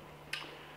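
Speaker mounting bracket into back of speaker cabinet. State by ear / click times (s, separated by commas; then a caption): seated / 0.3 s. A pole-mount adapter bracket is slotted onto the back of a compact FBT Vertus CS1000 speaker cabinet and clips in with a single sharp tick at 0.3 s, bright and high-pitched, with a brief fading tail over a steady low background hum. The bracket is seated.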